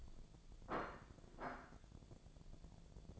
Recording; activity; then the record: daily activity, microphone in the room; place plate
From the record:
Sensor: 5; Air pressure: 1000.3 hPa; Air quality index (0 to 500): 122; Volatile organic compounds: 1 ppm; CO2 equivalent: 972 ppm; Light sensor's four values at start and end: 99/235/100/109 and 99/235/100/109